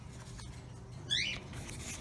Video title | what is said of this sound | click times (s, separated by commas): 2007 FORD EDGE DOOR AJAR LIGHT ISSUE | Okay, put that thing back in there. Like I said, it won't snap back now. | none